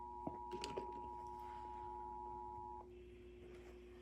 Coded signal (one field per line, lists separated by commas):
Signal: Emergency Alert System (SAME) tones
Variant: 853 and 960 Hz attention tone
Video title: (EAS #2,583 - #2,607) THE EAS SUNDAY TICKET - EAS Alerts from 9/14/25